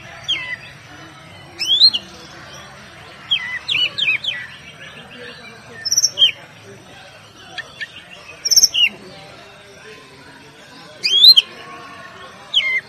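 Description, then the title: Oriental magpie-robin song, loud whistled and chirped phrases with sharp upward sweeps, repeated in bursts every few seconds. "Kacer"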